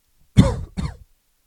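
A brief, low-pitched, harsh cough in two quick bursts, the second shorter than the first, lasting under a second in all. It is an acted cough.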